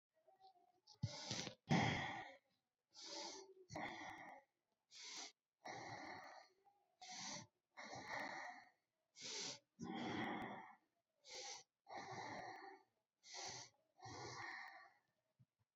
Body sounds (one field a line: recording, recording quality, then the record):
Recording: deep breathing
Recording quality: excellent, no background noise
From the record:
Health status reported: COVID-19 positive, mild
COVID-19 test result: positive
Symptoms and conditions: breathing difficulty, fever, loss of smell and taste, diabetes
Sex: male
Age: 42 years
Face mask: not worn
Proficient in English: yes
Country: India